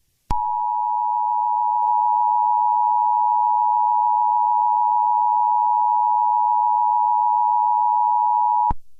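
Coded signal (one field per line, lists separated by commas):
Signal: Emergency Alert System (SAME) tones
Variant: 853 and 960 Hz attention tone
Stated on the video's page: Fictional EAS scenario.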